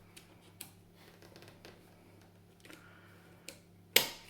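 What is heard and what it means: The second shell half of a plastic and metal airsoft gearbox from a CYMA CM.520 budget AK is worked into place over the gears, with light ticks and small clicks of handling along the way. A loud, sharp click at 4.0 s marks the gearbox halves snapping together, and the gearbox is seated back together.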